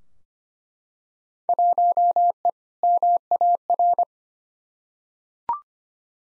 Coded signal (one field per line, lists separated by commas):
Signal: Morse code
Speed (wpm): 25 wpm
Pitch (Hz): 700 Hz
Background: none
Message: 1E MAR